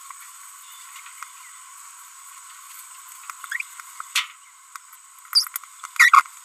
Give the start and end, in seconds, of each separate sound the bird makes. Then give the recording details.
5.33-5.47, 5.96-6.22. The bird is a female. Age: 30 days. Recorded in a nest box in Venezuela. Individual 17B42B3